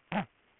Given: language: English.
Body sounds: throat vibration sensor signal played as sound; throat clearing

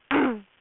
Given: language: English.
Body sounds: throat vibration sensor signal played as sound; throat clearing

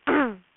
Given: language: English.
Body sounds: throat vibration sensor signal played as sound; throat clearing

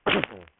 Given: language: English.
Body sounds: throat vibration sensor signal played as sound; cough

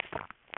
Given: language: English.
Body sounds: throat vibration sensor signal played as sound; swallow

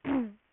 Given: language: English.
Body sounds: throat vibration sensor signal played as sound; throat clearing

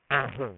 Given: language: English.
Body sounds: throat vibration sensor signal played as sound; throat clearing

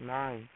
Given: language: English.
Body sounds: throat vibration sensor signal played as sound; speech

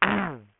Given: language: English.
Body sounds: throat vibration sensor signal played as sound; throat clearing

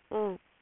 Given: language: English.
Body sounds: throat vibration sensor signal played as sound; speech

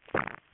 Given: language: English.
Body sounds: throat vibration sensor signal played as sound; swallow

